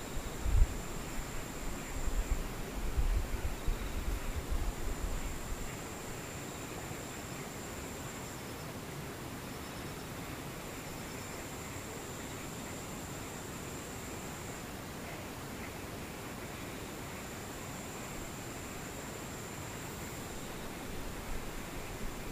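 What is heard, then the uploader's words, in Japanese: A near-silent scene with insects far off: a thin, high, steady buzz runs throughout, dropping out briefly every six seconds or so, over a soft, even hiss. Faint low thumps and rumble stir during the first six seconds, then everything settles into quiet. 無音遠くにムシ。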